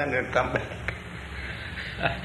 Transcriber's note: chuckling